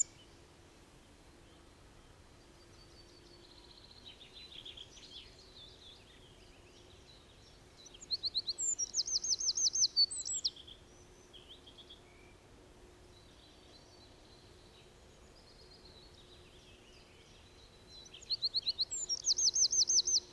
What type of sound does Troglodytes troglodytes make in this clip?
song